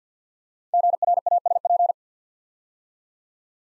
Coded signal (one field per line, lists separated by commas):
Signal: Morse code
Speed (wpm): 49 wpm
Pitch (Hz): 700 Hz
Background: none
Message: GRASP